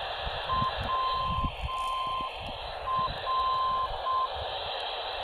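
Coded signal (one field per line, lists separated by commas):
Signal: Morse code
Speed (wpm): 6 wpm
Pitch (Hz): 1040 Hz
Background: none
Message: WR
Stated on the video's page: 289 kHz non-directional beacon received 20 km away on a Malachite DSP receiver with built-in whip antenna.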